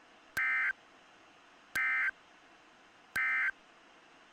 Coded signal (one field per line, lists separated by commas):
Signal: Emergency Alert System (SAME) tones